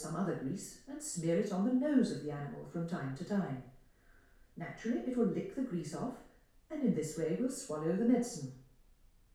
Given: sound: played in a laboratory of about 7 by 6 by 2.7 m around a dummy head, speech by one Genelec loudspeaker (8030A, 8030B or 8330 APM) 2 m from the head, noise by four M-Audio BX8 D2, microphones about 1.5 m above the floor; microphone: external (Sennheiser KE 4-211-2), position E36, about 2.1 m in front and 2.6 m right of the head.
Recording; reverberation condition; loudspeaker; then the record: female speech in English; medium; 30 degrees to the left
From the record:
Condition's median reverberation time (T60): about 510 ms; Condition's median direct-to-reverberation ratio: about -0.5 dB